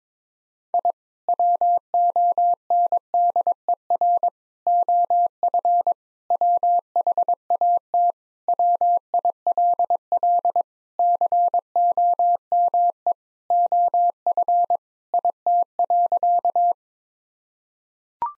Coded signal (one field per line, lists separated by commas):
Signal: Morse code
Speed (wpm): 22 wpm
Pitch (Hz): 700 Hz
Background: none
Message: I WONDER OF WHAT WILL COME OF IT.